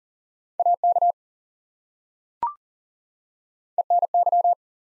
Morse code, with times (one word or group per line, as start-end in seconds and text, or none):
0.6-1.1 AK
3.8-4.5 ENY